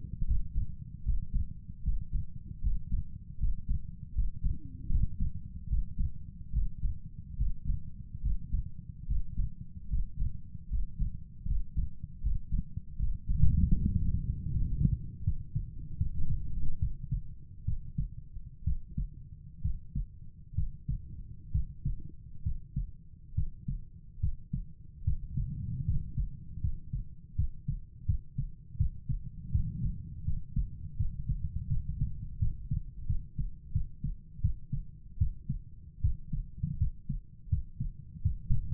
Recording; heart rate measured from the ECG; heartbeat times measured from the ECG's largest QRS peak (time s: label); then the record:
heart sounds by stethoscope; 76 bpm
0.25 s: heartbeat
1.03 s: heartbeat
1.82 s: heartbeat
2.61 s: heartbeat
3.38 s: heartbeat
4.13 s: heartbeat
4.89 s: heartbeat
5.68 s: heartbeat
6.52 s: heartbeat
7.36 s: heartbeat
8.21 s: heartbeat
9.06 s: heartbeat
9.88 s: heartbeat
10.68 s: heartbeat
11.46 s: heartbeat
12.21 s: heartbeat
12.98 s: heartbeat
13.75 s: heartbeat
14.51 s: heartbeat
15.23 s: heartbeat
15.97 s: heartbeat
16.79 s: heartbeat
17.65 s: heartbeat
18.64 s: heartbeat
19.61 s: heartbeat
20.55 s: heartbeat
21.51 s: heartbeat
22.43 s: heartbeat
23.34 s: heartbeat
24.20 s: heartbeat
25.04 s: heartbeat
25.85 s: heartbeat
26.61 s: heartbeat
27.35 s: heartbeat
28.06 s: heartbeat
28.77 s: heartbeat
29.51 s: heartbeat
30.24 s: heartbeat
30.96 s: heartbeat
31.68 s: heartbeat
32.39 s: heartbeat
33.06 s: heartbeat
33.72 s: heartbeat
34.41 s: heartbeat
35.18 s: heartbeat
36.01 s: heartbeat
36.78 s: heartbeat
37.49 s: heartbeat
38.22 s: heartbeat
From the record:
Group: healthy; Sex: male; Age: 35 years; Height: 178 cm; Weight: 64 kg